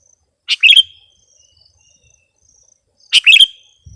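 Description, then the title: Sooty-headed bulbul: two short liquid phrases of quick chirpy notes dropping in pitch, about two and a half seconds apart. "kutilang"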